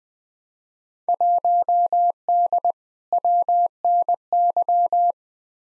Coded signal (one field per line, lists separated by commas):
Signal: Morse code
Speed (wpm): 20 wpm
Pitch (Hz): 700 Hz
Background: none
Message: 1D WNY